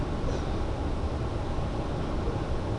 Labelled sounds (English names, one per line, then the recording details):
none
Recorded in Germany
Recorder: ecoPi